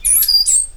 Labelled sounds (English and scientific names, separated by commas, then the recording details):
Stitchbird (Notiomystis cincta) song
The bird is a male
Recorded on Tiritiri Matangi Island, New Zealand, in 2005
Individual 8, of nest box 10